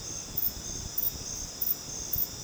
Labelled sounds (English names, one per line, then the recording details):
none
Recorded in dense forest near Puerto Asís, Putumayo, Colombia, on 12 March 2025 at 21:30
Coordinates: 0.486, -76.317
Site G053